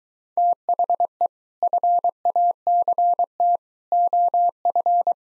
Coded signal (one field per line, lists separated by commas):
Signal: Morse code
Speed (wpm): 22 wpm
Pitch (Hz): 700 Hz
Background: none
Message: THE FACT OF